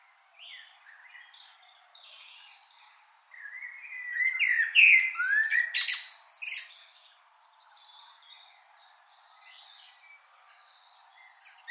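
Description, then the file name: Common blackbird song: a loud warbled phrase around the middle ending in squeaky high twittering, with softer chirps before and after. "Turdus merula"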